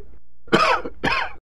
Coughing Fit Male Close Perspective.